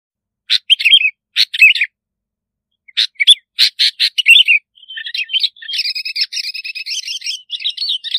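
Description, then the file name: Bulbul singing short liquid whistled phrases that break into a faster, continuous run of chattering notes in the second half. "Tieng chao mao bong lau"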